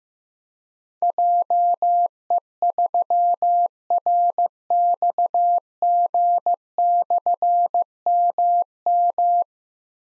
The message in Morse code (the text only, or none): JE3RXG/MM